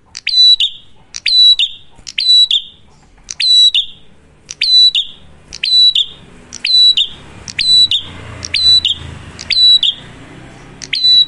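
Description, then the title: Prinia singing harsh buzzy phrases steadily about once a second, with rising background noise midway. Loud duet of Cililin versus Kapas Tembak song by a prinia in full song; used for luring wild birds or as masteran for training cage birds. "Masteran Duet Cililin Vs Kapas Tembak. Prenjak Gacor. Ngalun Kencang, Ampuh Banget Buat Pikat Ataupun Masteran"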